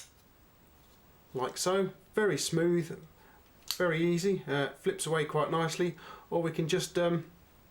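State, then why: Not seated. A person handles a Ganzo Firebird F755 cleaver-style folding knife with an axis-style lock, flipping the blade toward its locked open position in the handle while someone talks throughout. Nothing has seated or clicked yet; the clip ends just before the blade locks open.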